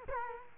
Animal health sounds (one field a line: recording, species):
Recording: mosquito wingbeat signal from an infrared sensor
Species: Culex quinquefasciatus